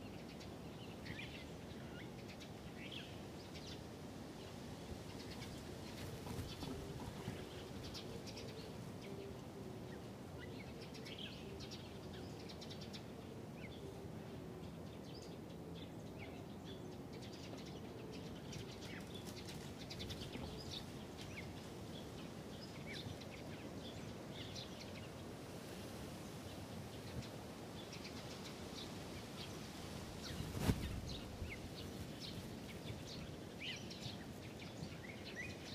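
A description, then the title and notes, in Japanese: Many birds of different kinds gather in a large tree in a park, their chirps and short calls scattered throughout over a steady, dense low rumble. The calls come often and overlap, and a brief louder burst stands out around the thirty-second mark. 公園、鳥がいっぱい。公園にある大きな木にいろんな種類の鳥が集まっていました。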